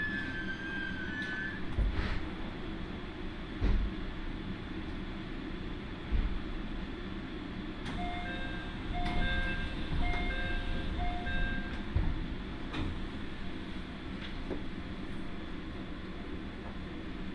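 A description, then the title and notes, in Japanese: A ride on the Iida Line train from Mikawa-Makihara to Shinshiro, with a steady low rumble of wheels throughout. Sharp clacks from the rail joints land every couple of seconds. A brief squeal comes early, and a stepped whining tone rises and falls midway. 耳で楽しむ鉄道旅 飯田線 三河槇原→新城。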